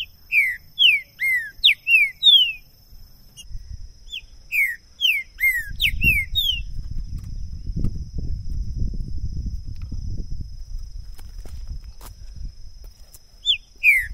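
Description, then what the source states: Green-winged saltator singing repeated phrases of sharp, descending whistled notes, pausing while a long stretch of low rumbling noise runs through, then resuming briefly at the end. Used to warm up a bird for singing competition; two birds taken into the woods; calling, singing and male territorial display (macheando); 2022.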